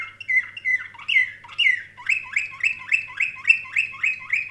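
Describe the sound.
Canary singing: a few slurred whistled notes lead into a fast, even series of rising chirps, with a faint low hum underneath.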